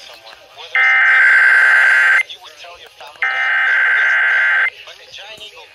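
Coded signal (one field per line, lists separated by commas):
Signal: Emergency Alert System (SAME) tones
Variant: header bursts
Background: speech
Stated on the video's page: KDKA tests.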